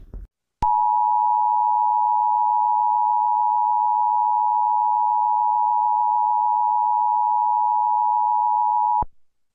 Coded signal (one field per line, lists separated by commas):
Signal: Emergency Alert System (SAME) tones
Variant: 853 and 960 Hz attention tone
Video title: Washington DC EAs alarm